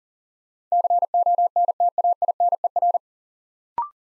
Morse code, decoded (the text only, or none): CONTAINER